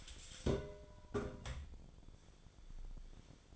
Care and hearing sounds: daily activity, microphone in the room; take from stove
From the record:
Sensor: 5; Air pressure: 1010.0 hPa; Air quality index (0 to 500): 155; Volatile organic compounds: 3 ppm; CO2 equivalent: 1508 ppm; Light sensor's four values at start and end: 241/585/249/274 and 242/591/250/273

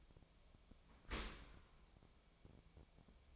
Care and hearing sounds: daily activity, microphone in the room; open dishwasher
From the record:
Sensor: 1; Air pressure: 1006.9 hPa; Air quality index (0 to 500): 207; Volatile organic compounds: 23 ppm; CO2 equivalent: 2790 ppm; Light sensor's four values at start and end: 12/31/12/14 and 12/31/12/14

